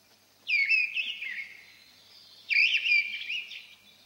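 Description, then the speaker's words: Mistle Thrush singing two rich, fluting phrases of quick slurred whistles, starting two seconds apart. Heard occasionally in old pine forest; a beautiful song. "Изредка в старом сосновом бору можно услышать красивую песню"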